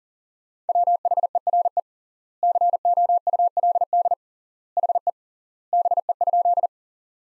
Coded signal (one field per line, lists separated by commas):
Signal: Morse code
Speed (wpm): 40 wpm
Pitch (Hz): 700 Hz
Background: none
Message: WHERE COULD HE BE?